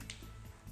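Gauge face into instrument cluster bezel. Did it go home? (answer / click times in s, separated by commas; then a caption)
no / none. A new printed gauge face for an 08-14 WRX/STI is lined up with the instrument cluster bezel holes and handled into place by hand, ready to be pressed in so its plastic clips snap. A brief sharp tick sounds near 0.1 s over a steady low hum. Nothing has seated or clicked yet.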